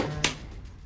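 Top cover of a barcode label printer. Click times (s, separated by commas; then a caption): 0.2 s. The plastic top cover of a Zebra GT420t barcode label printer is closed after the ribbon is loaded, giving a single sharp, loud hit at 0.3 s over a low background hum. The lid latches shut and is seated.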